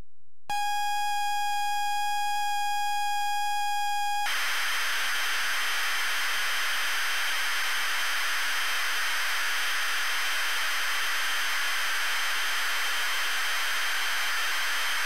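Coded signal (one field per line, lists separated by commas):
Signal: ZX Spectrum tape loading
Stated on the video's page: Tape loaded on a ZX Spectrum +3 from a WH Smith CPD8300 cassette player.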